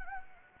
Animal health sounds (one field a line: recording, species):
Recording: mosquito wingbeat signal from an infrared sensor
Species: Anopheles gambiae